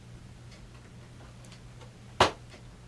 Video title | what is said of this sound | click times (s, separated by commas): How To Create Stylish Fabric Buttons! DIY Tutorial With Renee Romeo | you heard the snap pop | 2.2 s